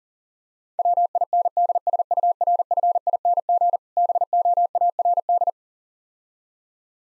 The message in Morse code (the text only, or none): WINDSURFING BOARD